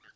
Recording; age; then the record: pig call; piglet (1 to 25 days)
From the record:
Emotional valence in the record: positive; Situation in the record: short reunion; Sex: male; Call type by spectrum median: low-frequency call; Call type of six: mixed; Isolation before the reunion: 3 minutes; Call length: 0.15 s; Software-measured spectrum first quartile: 1468 Hz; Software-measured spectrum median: 1741 Hz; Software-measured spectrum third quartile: 2994 Hz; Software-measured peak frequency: 1538 Hz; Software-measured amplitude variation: 207 dB a second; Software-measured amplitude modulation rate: 9.7 a second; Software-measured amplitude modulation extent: 21.3 dB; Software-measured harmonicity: 6.4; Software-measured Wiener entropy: -1.54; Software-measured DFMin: 858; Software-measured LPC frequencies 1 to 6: 1559, 2861, 3555, 4524, 5947, 7946 Hz